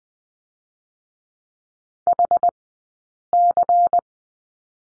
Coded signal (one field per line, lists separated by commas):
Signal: Morse code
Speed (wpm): 19 wpm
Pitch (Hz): 700 Hz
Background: none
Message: HC